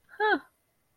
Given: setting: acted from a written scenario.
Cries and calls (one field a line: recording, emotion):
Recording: vocal sound without words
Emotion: realization